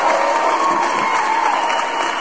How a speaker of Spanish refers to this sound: va un aplauso para mi amigo Solaris.